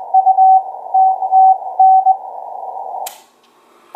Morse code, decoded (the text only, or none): U TTN